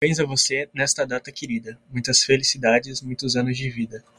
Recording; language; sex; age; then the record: short text; Brazilian Portuguese; male; 18 to 19 years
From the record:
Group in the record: control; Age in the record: 19 years